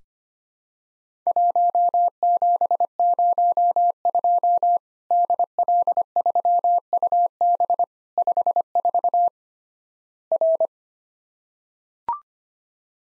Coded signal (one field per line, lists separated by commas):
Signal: Morse code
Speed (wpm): 25 wpm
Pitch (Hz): 700 Hz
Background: none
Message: 1702 DL3UB 54 R